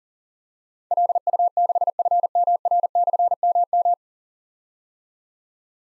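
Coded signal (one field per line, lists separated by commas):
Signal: Morse code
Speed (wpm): 40 wpm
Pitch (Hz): 700 Hz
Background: none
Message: LU6FMR/MM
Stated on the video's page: Call-sign copy drill at 40 wpm: difficult call signs with slashes, sent in Morse, spoken, then sent again.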